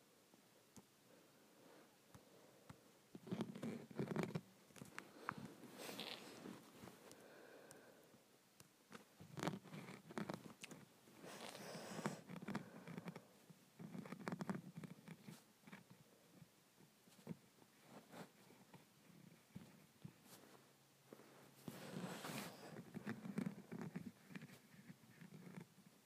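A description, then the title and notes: Bright scratching against a window comes in bursts of rasping strokes, with busy stretches near 4, 10–15 and 22 seconds between quieter gaps. ASMR Scratching my Window.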